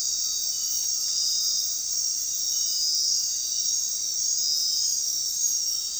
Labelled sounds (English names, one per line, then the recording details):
none
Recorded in dense forest near Puerto Asís, Putumayo, Colombia, on 20 February 2024 at 23:30
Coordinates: 0.466, -76.327
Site G6413